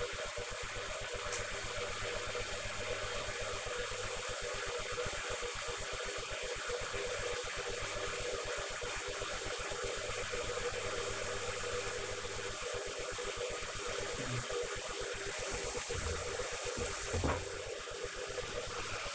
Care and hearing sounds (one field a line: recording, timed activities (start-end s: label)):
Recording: household activities, microphone on the right wrist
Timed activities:
0.00-19.15 s: making tea